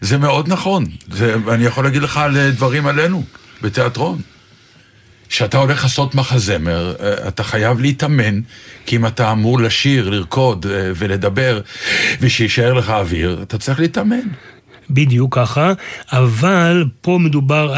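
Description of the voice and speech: A man speaks Hebrew in a relaxed, fluent conversational voice at moderate pitch, with brief hesitations and natural pauses. The voice quality is ordinary.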